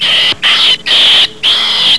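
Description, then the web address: Rat squeaks, four high, thin, steady squeals, most lasting under half a second, separated by brief silent gaps. "Furry CD-Fur 2 SPECIES RAT SOUNDS SQUEEK"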